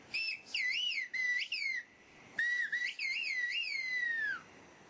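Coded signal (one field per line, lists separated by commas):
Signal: whistled language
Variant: Kuş dili (Turkish)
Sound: two phrases of a loud, pitch-gliding whistle rising and falling like speech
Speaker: the whistles can travel much further than shouting if you don't believe me watch this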